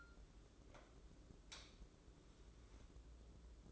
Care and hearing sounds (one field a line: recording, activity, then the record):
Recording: daily activity, microphone in the room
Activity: light on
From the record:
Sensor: 3